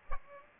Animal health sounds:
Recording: mosquito wingbeat signal from an infrared sensor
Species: Aedes aegypti

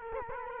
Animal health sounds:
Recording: mosquito wingbeat signal from an infrared sensor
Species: Culex quinquefasciatus

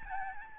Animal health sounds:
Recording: mosquito wingbeat signal from an infrared sensor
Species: Aedes albopictus

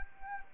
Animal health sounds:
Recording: mosquito wingbeat signal from an infrared sensor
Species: Anopheles arabiensis

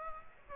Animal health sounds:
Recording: mosquito wingbeat signal from an infrared sensor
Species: Aedes aegypti

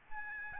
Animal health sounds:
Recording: mosquito wingbeat signal from an infrared sensor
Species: Aedes albopictus

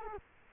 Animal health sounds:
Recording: mosquito wingbeat signal from an infrared sensor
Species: Culex quinquefasciatus

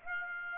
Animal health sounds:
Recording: mosquito wingbeat signal from an infrared sensor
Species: Aedes aegypti

